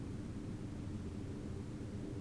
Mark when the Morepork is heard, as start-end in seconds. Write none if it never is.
none